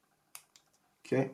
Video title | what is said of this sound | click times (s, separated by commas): Nokia E70 restoration | it clicked in place | 0.4 s